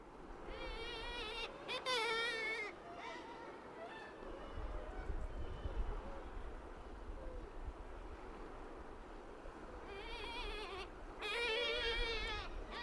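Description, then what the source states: Black-legged Kittiwake alarm calls: drawn-out wavering moans with rich harmonics, heard early and again near the end, over steady low wind or surf noise. Aerial alarm call given to a predator, a soft wailing moan, the most frequent alarm call.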